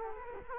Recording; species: mosquito wingbeat signal from an infrared sensor; Culex quinquefasciatus